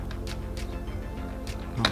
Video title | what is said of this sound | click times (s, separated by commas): VOLTRON - Unboxing the 16" Playmates VOLTRON '84 | and then they kind of separate and lock into place that's really nice | 1.9 s